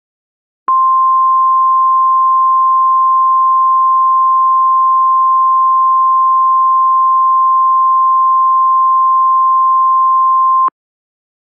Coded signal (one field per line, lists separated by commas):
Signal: Emergency Alert System (SAME) tones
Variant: 1050 Hz attention tone